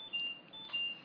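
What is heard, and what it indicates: High-pitched electronic beeps in two alternating tones, repeating roughly every half second, sound over a soft airy hiss, with whooshing from the machine. This is the alarm of the home mechanical ventilator of a 20-year-old man with Duchenne muscular dystrophy, who uses the ventilator 24 hours a day.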